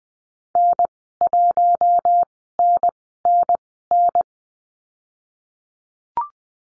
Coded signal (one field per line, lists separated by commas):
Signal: Morse code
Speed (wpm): 20 wpm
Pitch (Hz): 700 Hz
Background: none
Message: N1NNN